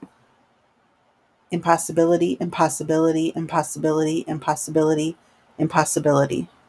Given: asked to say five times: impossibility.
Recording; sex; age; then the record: repeated word; female; 40 to 49 years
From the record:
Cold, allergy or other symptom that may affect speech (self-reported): no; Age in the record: 48 years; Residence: Ohio, United States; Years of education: 16